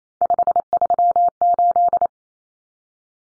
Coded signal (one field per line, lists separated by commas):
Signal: Morse code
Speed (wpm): 28 wpm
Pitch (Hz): 700 Hz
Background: none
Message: 538